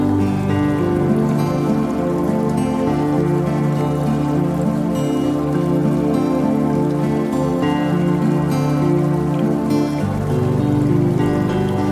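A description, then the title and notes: Music with water sounds: sustained, held chords hum at a steady level throughout, their notes shifting every few seconds, with changes near 2.5, 8.5 and 10 seconds. A soft patter of trickling, dripping water runs beneath the tones. 1 Hour Relaxing Music With Water Sounds Meditation. The sound of running water.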